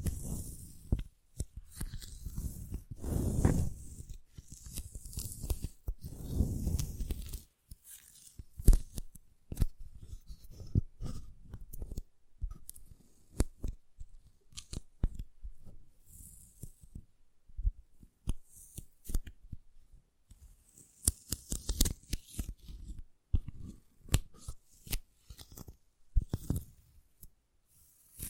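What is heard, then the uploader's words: An assortment of tingly sounds: crisp, irregular taps, snips and crinkles scattered across the whole clip, some sharp and bright, others soft. Early on, around three to seven seconds, there are louder low rustling, tearing-like swells before the sounds thin into sparser clicks. Tingly Sound Assortment.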